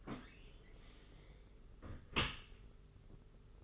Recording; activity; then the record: daily activity, microphone in the room; close dishwasher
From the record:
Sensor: 4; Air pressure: 992.2 hPa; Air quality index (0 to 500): 108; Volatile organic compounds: 17 ppm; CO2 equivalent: 2581 ppm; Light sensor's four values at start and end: 23/78/29/30 and 23/78/29/30